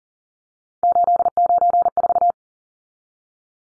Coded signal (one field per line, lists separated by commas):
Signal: Morse code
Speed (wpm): 40 wpm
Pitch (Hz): 700 Hz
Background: none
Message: 894